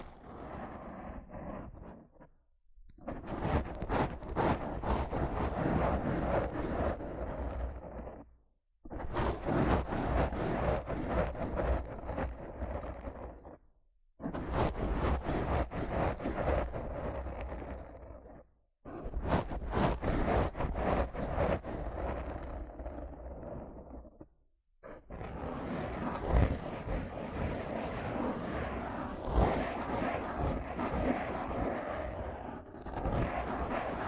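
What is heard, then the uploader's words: Rough scratching and brushing on a microphone comes in dense, gritty bursts of several seconds each, separated by short silent gaps near 3, 9, 14, 19 and 25 seconds. The strokes sound raspy and fast, with a low rumble beneath and brighter hiss in the final stretch. ASMR Rough Mic Scratching & Brushing (No Talking).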